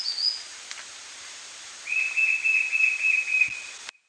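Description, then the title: White-shouldered fire-eye singing a level, rapidly repeated whistled note for about two seconds after a short high twitter, with a soft thump near the end. "LuckyPassaro Completos2Sama. White-shouldered Fire-eye (Pyriglena leucoptera)"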